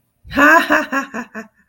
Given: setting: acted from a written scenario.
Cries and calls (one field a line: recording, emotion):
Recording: vocal sound without words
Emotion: amusement